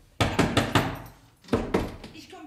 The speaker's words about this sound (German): Gott sei Dank, jetzt ist die Tür zu.